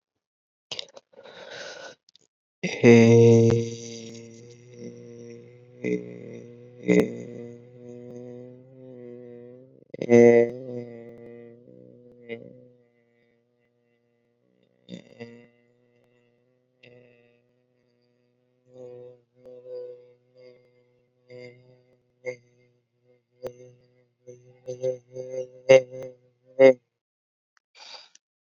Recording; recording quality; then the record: sustained vowel as in made; excellent, no background noise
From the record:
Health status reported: COVID-19 positive, no symptoms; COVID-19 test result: positive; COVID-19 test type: RT-PCR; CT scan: not taken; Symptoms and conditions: fatigue, muscle pain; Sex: male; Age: 23 years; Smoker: yes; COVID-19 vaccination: both doses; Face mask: not worn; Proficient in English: yes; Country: India